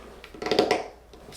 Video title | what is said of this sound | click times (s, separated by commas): K2 Plus: Let's Print Jiggly Toys! Scale them UP. Mix/Match Filament. See how it goes! BlobLab ZOU3D | snapped in really nice. | 0.6 s